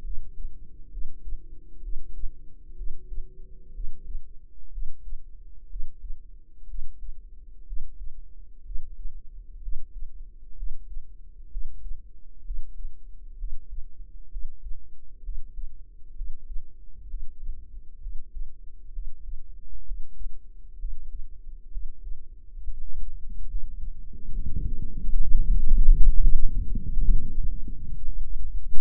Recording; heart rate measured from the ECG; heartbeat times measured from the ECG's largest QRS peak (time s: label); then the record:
heart sounds by microphone in the right ear; 67 bpm
0.02 s: heartbeat
0.90 s: heartbeat
1.81 s: heartbeat
2.75 s: heartbeat
3.72 s: heartbeat
4.70 s: heartbeat
5.68 s: heartbeat
6.66 s: heartbeat
7.64 s: heartbeat
8.63 s: heartbeat
9.60 s: heartbeat
10.54 s: heartbeat
11.48 s: heartbeat
12.42 s: heartbeat
13.36 s: heartbeat
14.28 s: heartbeat
15.21 s: heartbeat
16.13 s: heartbeat
17.06 s: heartbeat
17.98 s: heartbeat
18.90 s: heartbeat
19.83 s: heartbeat
20.76 s: heartbeat
21.69 s: heartbeat
22.60 s: heartbeat
23.46 s: heartbeat
24.30 s: heartbeat
25.14 s: heartbeat
25.90 s: heartbeat
26.62 s: heartbeat
27.31 s: heartbeat
28.03 s: heartbeat
28.74 s: heartbeat
From the record:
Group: healthy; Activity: Valsalva maneuver 0-22 s, rest 22-29 s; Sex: female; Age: 22 years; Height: 160 cm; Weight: 45 kg